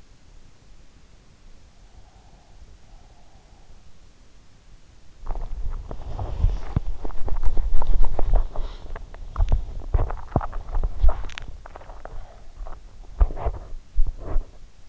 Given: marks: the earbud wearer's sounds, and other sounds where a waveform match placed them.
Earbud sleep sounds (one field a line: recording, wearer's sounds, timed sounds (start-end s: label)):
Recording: sounds in sleep by an in-ear microphone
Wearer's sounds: breath, teeth grinding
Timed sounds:
1.93-3.94 s: breath
4.88-14.89 s: teeth grinding